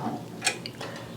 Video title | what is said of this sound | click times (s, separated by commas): Unboxing and Setting Up the 9x3" Mighty Hoop - Brother Persona - Tutorial for Beginners | We're just doing a rough test fit to make sure everything lines up properly, everything snapped into place | 0.7 s